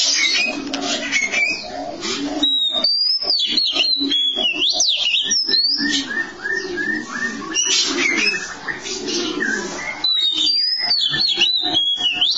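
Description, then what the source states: Oriental magpie-robin song: long run of loud whistled and warbled phrases, rising and falling, with a constant low droning hum and sharp clicks behind. Long-duration song.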